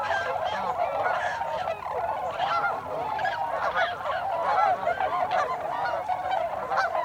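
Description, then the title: Continuous chorus of tundra swans, mellow hooting calls overlapping densely, some notes bending upward, no gaps between birds. Several tundra swans recorded on 26 December 2020. "2020-12-26-Tundra-Swans"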